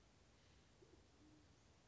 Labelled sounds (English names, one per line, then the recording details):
Band-tailed Pigeon
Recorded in Sonoma County, California